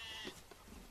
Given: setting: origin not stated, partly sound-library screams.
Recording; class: one-second piece from a danger detection set; normal situation